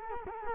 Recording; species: mosquito wingbeat signal from an infrared sensor; Culex quinquefasciatus